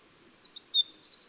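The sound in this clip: Winter wren song fragment, a few high warbled notes building into a fast pulsed trill.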